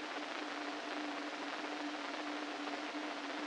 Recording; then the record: brain microelectrode recording played as sound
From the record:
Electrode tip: inside the subthalamic nucleus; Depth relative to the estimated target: -3 mm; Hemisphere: right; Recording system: NeuroSet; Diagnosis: Parkinson's disease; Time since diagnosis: 13 years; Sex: male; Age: 49 years